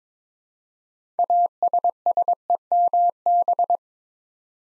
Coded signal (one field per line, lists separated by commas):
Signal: Morse code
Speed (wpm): 22 wpm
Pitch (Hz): 700 Hz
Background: none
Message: ASSEMB